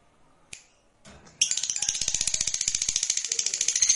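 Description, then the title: Lovebird trill: a few faint clicks first, then a sudden burst of fast, high, buzzy, rattling notes that continues to the end. Fighter-type lovebird giving ngekek, the long trilling song style. "Begitu Dengar Suara Lovebird FIGHTER NGEKEK PANJANG"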